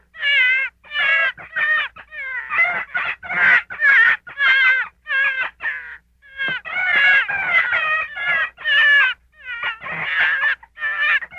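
Gray fox giving bursts of wavering, whining yelps with bright harmonics, delivered in uneven clusters with brief pauses between them.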